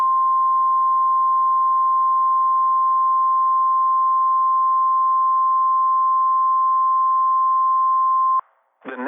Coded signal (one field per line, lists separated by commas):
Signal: Emergency Alert System (SAME) tones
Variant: 1050 Hz attention tone